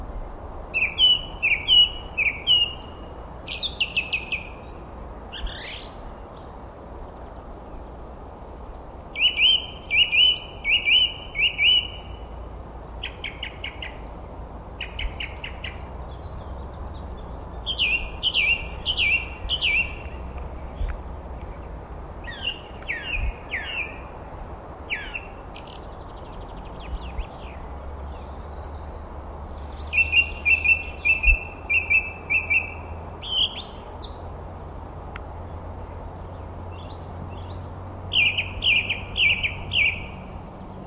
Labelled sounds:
Song Thrush (Turdus philomelos) song

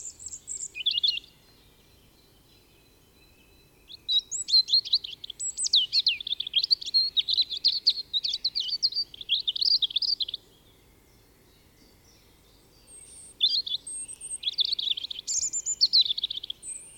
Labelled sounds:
European Robin (Erithacus rubecula) song

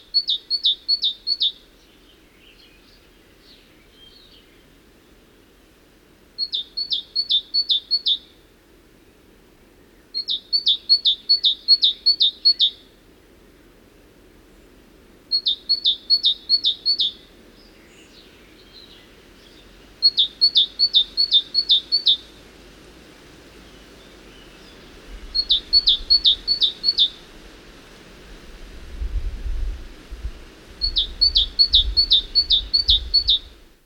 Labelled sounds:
Great Tit (Parus major) song

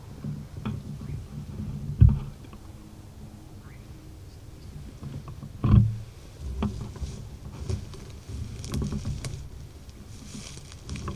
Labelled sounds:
Eurasian Nightjar (Caprimulgus europaeus)

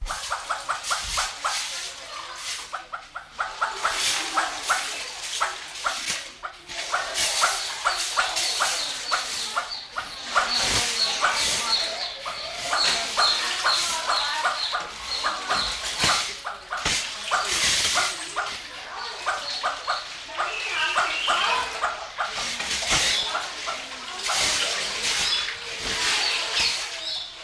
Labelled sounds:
Northern Red-billed Hornbill (Tockus erythrorhynchus) call

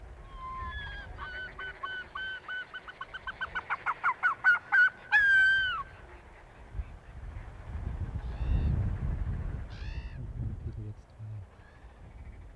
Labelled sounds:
Arctic Fox (Vulpes lagopus)

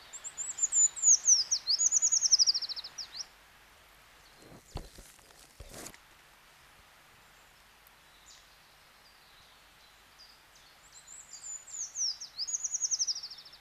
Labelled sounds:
Eurasian Treecreeper (Certhia familiaris) song

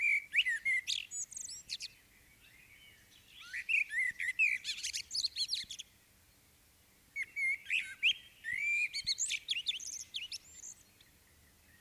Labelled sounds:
Common Blackbird (Turdus merula) song

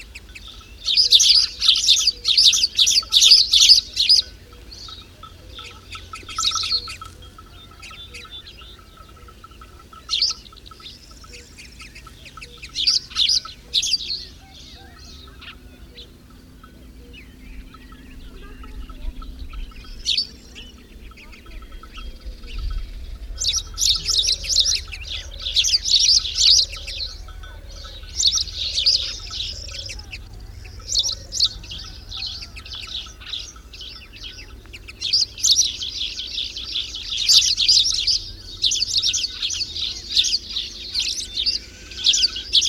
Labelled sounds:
Spanish Sparrow (Passer hispaniolensis) song

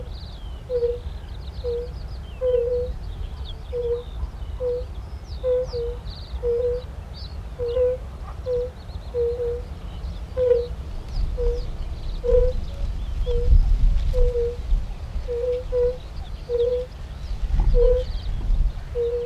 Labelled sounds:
Fire-Bellied Toad (Bombina bombina) call

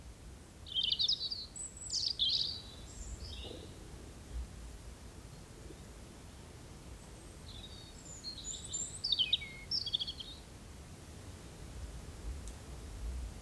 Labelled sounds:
European Robin (Erithacus rubecula) song

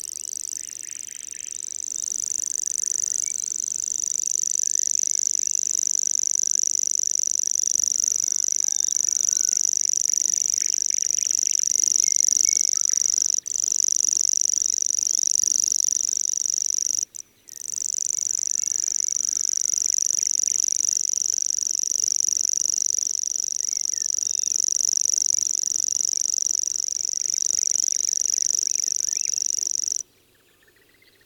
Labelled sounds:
Common Grasshopper Warbler (Locustella naevia) song

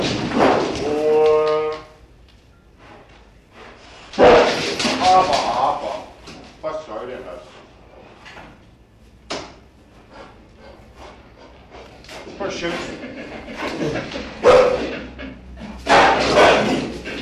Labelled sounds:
Sun Bear (Helarctos malayanus) call

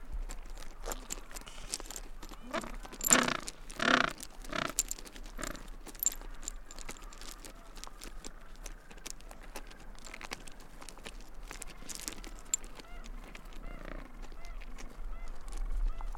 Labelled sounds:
Gentoo Penguin (Pygoscelis papua) call

